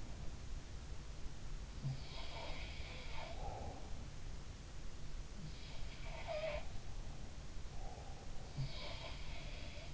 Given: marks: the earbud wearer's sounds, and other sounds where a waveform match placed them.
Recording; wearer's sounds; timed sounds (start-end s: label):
sounds in sleep by an in-ear microphone; breath
1.96-4.08 s: breath
2.16-3.45 s: sound from someone else or the room
5.77-6.82 s: sound from someone else or the room
7.72-9.94 s: breath
8.63-9.94 s: sound from someone else or the room